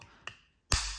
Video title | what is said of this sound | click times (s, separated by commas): Nissan Micra Juke Key Fob Battery Replacement | and make sure it clicks in place | 0.7 s